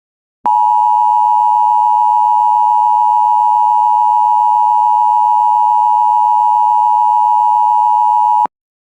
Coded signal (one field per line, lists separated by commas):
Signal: Emergency Alert System (SAME) tones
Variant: 853 and 960 Hz attention tone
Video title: DOUBLE HEARDER (EAS #206-207 Tornado Watches On WJON-IP